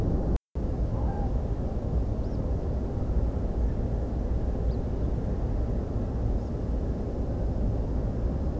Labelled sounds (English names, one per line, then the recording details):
European Pied Flycatcher
unidentified bird
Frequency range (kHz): European Pied Flycatcher 3.3-7.3 kHz; unidentified bird 3.0-5.2 kHz
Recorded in France